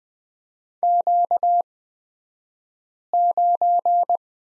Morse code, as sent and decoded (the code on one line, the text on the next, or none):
--.- ----.
Q9